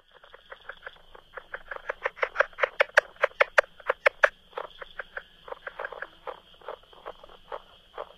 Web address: Natures Songs N America Songs of Frogs Toads of North America -Plains Leopard Frog